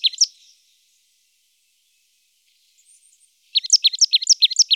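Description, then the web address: Marsh tit calls: two short high notes, a quiet pause, then a fast rattling series of sharp, bright, repeated notes. "IVN Zangvogels. Glanskop"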